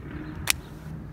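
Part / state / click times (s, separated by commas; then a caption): plastic lens in smart-glasses frame / released / 0.5 s. A plastic lens is pushed down out of a pair of smart camera-glasses frame while the middle of the frame is held. A single sharp, bright snap is heard at 0.5 s over a low background hum. The lens is released and pops out of the frame.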